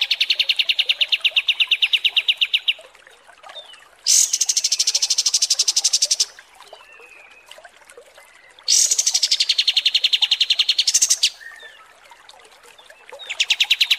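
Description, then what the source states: Kapas tembak sings repeated rapid, high, buzzy pulsed trills of two to three seconds each, with soft calls in the gaps between them. Masteran training recording of kapas tembak song.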